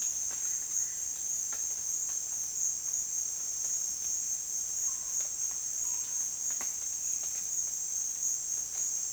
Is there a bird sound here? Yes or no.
no